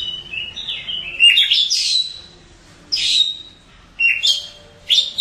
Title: Kacer. Burung